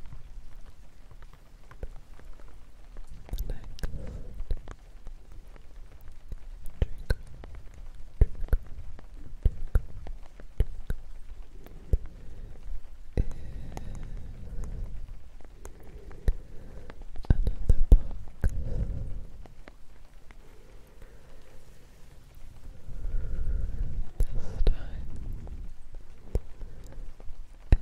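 Soft, breathy whispers come in low, murmuring bursts around 3–5, 13–19 and 23–26 seconds, with quieter pauses between. Sharp, light taps and clicks scatter irregularly throughout, some clustered, over a faint steady hiss like rain.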